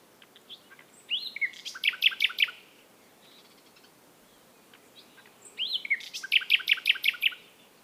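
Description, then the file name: Common nightingale song: two phrases, each opening with a slurred whistle and building into a loud, rapid rattle of repeated notes, with a quiet gap between. "Luscinia megarhynchos"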